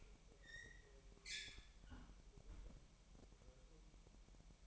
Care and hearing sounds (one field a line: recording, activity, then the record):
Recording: daily activity, microphone in the room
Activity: close fridge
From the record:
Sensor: 1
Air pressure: 1002.0 hPa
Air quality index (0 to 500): 244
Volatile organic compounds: 50 ppm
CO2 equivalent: 3293 ppm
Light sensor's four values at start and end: 8/27/10/11 and 8/27/10/11